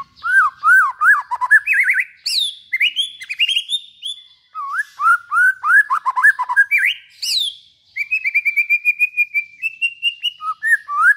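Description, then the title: White-rumped shama singing a varied stream of rich whistles, slurred chirps and trills, with a steady string of quick repeated notes near the end. Long-duration lure call of white-rumped shama song. "Pikat Murai Batu Durasi Panjang"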